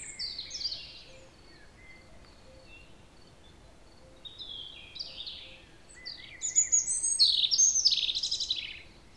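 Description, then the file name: European robin singing in separate bursts: a brief high warble, a pause, then sweeping whistles and a denser, louder run of tinkling notes near the end, over faint hiss. "Erithacus rubecula"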